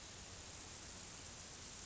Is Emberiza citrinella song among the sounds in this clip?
no